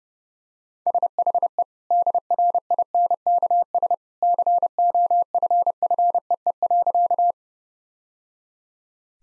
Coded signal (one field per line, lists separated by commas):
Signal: Morse code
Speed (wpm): 30 wpm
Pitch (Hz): 700 Hz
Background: none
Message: SHE DRINKS COFFEE.